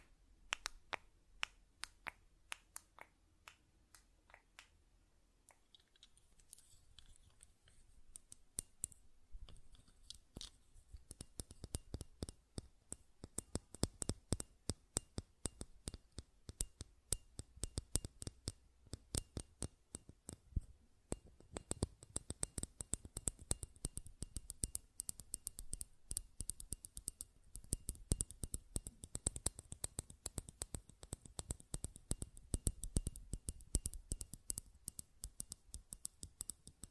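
Buttons click and tap in sharp, dry strokes, sparse and irregular for the first several seconds, then growing dense and rapid. From about twenty seconds on the clicks come in fast, uneven bursts that nearly run together, with a faint low hum beneath.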